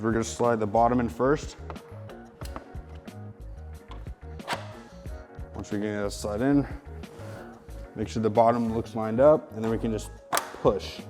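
An e-bike battery pack is slid bottom-first into the lower frame mount and lined up before the top is pushed home, while someone talks over music. Short knocks and scrapes of the pack against the mount are heard, and nothing has locked or clicked yet.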